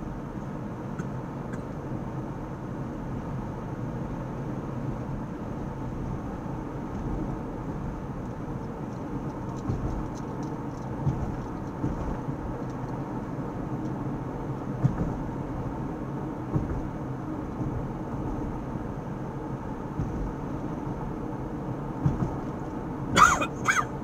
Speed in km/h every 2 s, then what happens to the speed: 61, 61, 61, 60, 60, 60, 60, 60, 60, 60, 60, 61.
0-24 steady at about 60.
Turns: none.